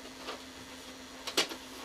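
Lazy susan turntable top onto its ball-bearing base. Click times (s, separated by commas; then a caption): 1.3 s. The top of a ball-bearing lazy susan turntable is fitted onto its base and snaps into place. A single soft snap is heard at about 1.3 s, followed by a slightly louder transient just after, over a faint steady hum. The top is seated.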